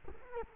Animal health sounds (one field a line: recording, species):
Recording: mosquito wingbeat signal from an infrared sensor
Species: Culex quinquefasciatus